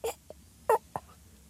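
Three short, strained, gasping vocal bursts: an adult imitating a young child choking on pasta while eating.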